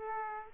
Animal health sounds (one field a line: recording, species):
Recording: mosquito wingbeat signal from an infrared sensor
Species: Aedes aegypti